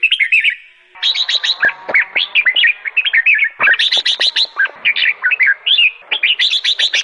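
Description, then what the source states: Sooty-headed bulbul singing busily, with dense bursts of sharp chirps and bubbly slurred notes. Indonesian name kutilang; described as gacor, singing vigorously and continuously.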